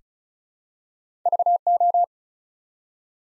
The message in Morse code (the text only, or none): VO